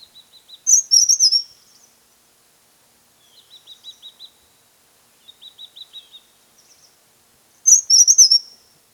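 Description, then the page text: Chestnut-headed tesia singing explosive very high jumbled bursts, with softer, lower runs of rapid repeated ticking notes between them, then another high burst. "Chestnut-Headed Tesia Song. Quick Sounds"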